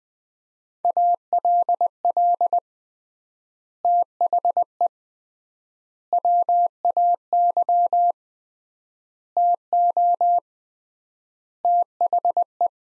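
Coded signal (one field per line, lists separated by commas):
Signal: Morse code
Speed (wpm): 20 wpm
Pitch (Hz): 700 Hz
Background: none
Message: ALL THE WAY TO THE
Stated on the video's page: Morse code practice of five-word sets at 20 wpm with 3x word spacing (Farnsworth-like), each set sent, spoken, then sent again.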